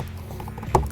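A plastic CREE LED cargo light housing on a Bronco is pressed by hand into its opening in the interior trim panel. Over a low, steady background hum with a few faint ticks, a sharp snap is heard at 0.8 s as the housing seats firmly in the trim.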